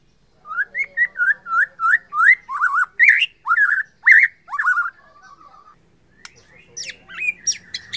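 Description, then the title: White-rumped shama repeating rising whistled notes in a quick series, building into louder fluty warbles, then fading to faint high notes. Borneo. "MURAI BORNEO MAS KIKI"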